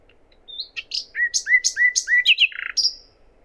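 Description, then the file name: Common nightingale song: a rich phrase of varied notes, with sharp high chirps alternating with lower slurred whistles, ending in a quick rattle and a drawn-out high whistle. "Luscinia megarhynchos"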